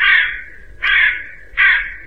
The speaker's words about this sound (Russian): Ворона. Ее не узнать невозможно.